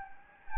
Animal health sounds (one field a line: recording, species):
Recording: mosquito wingbeat signal from an infrared sensor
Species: Anopheles gambiae